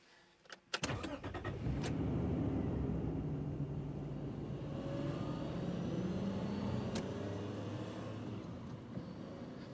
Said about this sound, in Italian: Metti moto e parti.